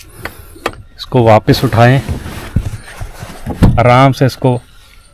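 The folded rear seatback of an MG Comet EV is lifted back up and eased toward its latch and body striker, with brief sharp knocks near 0.3, 0.7 and 3.6 seconds while someone talks. The clip ends before the seatback goes home, so its latch has not yet seated or clicked.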